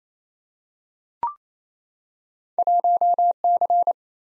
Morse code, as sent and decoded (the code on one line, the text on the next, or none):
.---- -.-.
1C